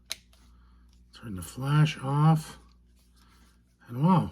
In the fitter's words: snaps into place